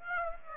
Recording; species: mosquito wingbeat signal from an infrared sensor; Aedes aegypti